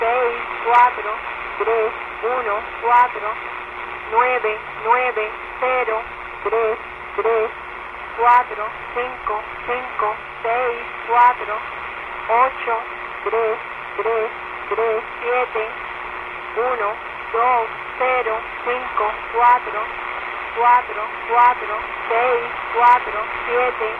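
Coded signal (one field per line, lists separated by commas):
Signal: numbers station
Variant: HM01, Spanish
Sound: voice reading Spanish numbers like 'cuatro' in short, evenly spaced words over shortwave hiss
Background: radio static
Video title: HM01 Cuban Spy Numbers 9.065 MHz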